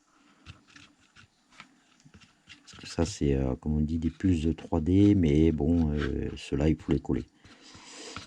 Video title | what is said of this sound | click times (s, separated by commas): DIY Mechanical 3D puzzle music box bird cage Deco Time magasin Action | s'enclenche pas ben | none